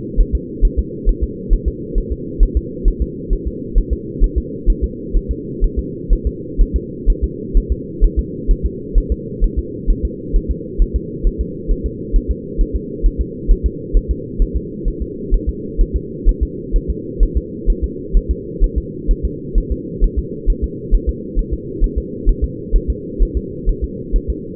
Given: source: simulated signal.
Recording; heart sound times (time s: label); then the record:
fetal heart sounds
0.20 s: S1
0.35 s: S2
0.65 s: S1
0.79 s: S2
1.09 s: S1
1.23 s: S2
1.53 s: S1
1.68 s: S2
1.98 s: S1
2.12 s: S2
2.43 s: S1
2.57 s: S2
2.88 s: S1
3.02 s: S2
3.33 s: S1
3.47 s: S2
3.78 s: S1
3.93 s: S2
4.24 s: S1
4.38 s: S2
4.70 s: S1
4.84 s: S2
5.16 s: S1
5.31 s: S2
5.64 s: S1
5.79 s: S2
6.13 s: S1
6.27 s: S2
6.61 s: S1
6.76 s: S2
7.10 s: S1
7.24 s: S2
7.57 s: S1
7.72 s: S2
8.04 s: S1
8.19 s: S2
8.51 s: S1
8.66 s: S2
8.98 s: S1
9.12 s: S2
9.44 s: S1
9.59 s: S2
9.91 s: S1
10.05 s: S2
10.36 s: S1
10.51 s: S2
10.82 s: S1
10.96 s: S2
11.27 s: S1
11.41 s: S2
11.72 s: S1
11.86 s: S2
12.16 s: S1
12.31 s: S2
12.61 s: S1
12.76 s: S2
13.06 s: S1
13.21 s: S2
13.51 s: S1
13.66 s: S2
13.97 s: S1
14.11 s: S2
14.42 s: S1
14.56 s: S2
14.88 s: S1
15.02 s: S2
15.34 s: S1
15.49 s: S2
15.81 s: S1
15.96 s: S2
16.29 s: S1
16.43 s: S2
16.76 s: S1
16.90 s: S2
17.23 s: S1
17.37 s: S2
17.70 s: S1
17.84 s: S2
18.17 s: S1
18.31 s: S2
18.64 s: S1
18.78 s: S2
19.11 s: S1
19.25 s: S2
19.58 s: S1
19.72 s: S2
20.04 s: S1
20.19 s: S2
20.50 s: S1
20.64 s: S2
20.94 s: S1
21.09 s: S2
21.39 s: S1
21.53 s: S2
21.84 s: S1
21.98 s: S2
22.29 s: S1
22.44 s: S2
22.76 s: S1
22.90 s: S2
23.22 s: S1
23.37 s: S2
23.69 s: S1
23.84 s: S2
24.16 s: S1
24.30 s: S2
From the record:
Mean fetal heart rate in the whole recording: 130 bpm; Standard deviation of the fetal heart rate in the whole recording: 4 bpm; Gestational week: 38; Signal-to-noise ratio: -4.1 dB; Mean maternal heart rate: no maternal heart sound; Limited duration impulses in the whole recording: absent